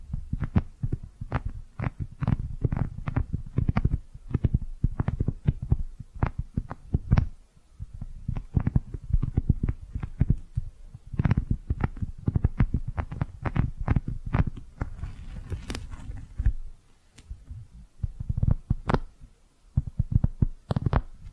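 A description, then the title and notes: Rapid squishy brushing strokes thump softly and tick brightly in quick, uneven bursts, briefly pausing around seven and seventeen seconds. ASMR Your Brain is Fluffy Like Cloud Cozy Brushing, Squishy Triggers for Sleep (No Talking).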